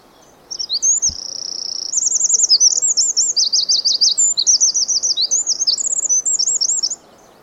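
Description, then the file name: Eurasian wren delivering a long song of over six seconds, with a clear held note, then many fast rippling trills and chattered phrases in quick succession. "Troglodytes troglodytes"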